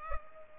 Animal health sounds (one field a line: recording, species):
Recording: mosquito wingbeat signal from an infrared sensor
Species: Culex pipiens